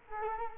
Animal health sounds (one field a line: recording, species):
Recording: mosquito wingbeat signal from an infrared sensor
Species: Culex quinquefasciatus